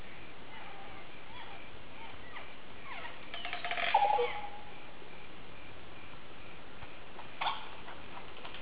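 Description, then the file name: Green oropendola uttering a short gurgling phrase with a bright whistle, followed later by one brief click-like note, over quiet background. "psarocolius viridis"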